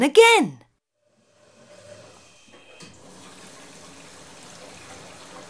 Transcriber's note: fx: washing machine